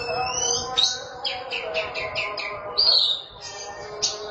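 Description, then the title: Oriental magpie-robin singing a quick series of high, sharp notes and a bright slurred whistle, with a constant tonal hum beneath. Kacer song. "Suara Kicauan Burung Kacer"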